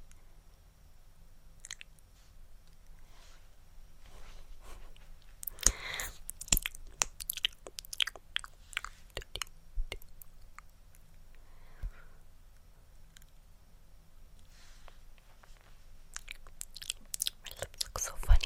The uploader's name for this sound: Mouth Sounds, Lipgloss Sounds